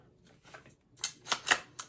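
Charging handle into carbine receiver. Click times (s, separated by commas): 1.0 s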